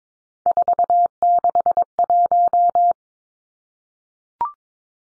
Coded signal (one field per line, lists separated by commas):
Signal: Morse code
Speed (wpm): 22 wpm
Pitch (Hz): 700 Hz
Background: none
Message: 461